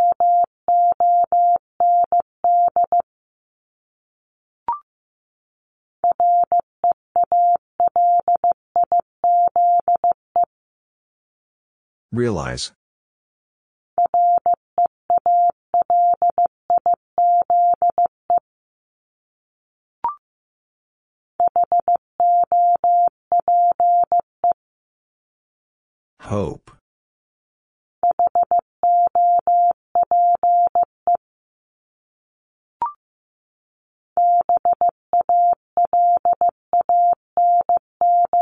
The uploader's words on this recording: Top 751-1000 Words 15wpm. First, the word is sent in Morse code.